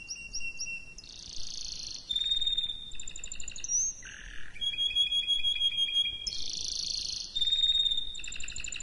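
Canary song of varied phrases: rapid high trills, steady whistled tones, and a low buzzy roll, each phrase changing every second or so.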